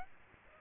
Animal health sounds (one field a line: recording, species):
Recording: mosquito wingbeat signal from an infrared sensor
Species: Aedes aegypti